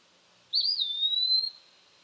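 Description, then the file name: Eastern Wood Pewee giving a clear whistled call, a brief rise then a long, slowly falling slurred note lasting about one second, over faint background hiss. "Eastern Wood Pewee - Contopus virens"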